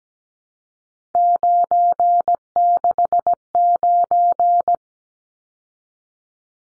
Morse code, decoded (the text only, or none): 969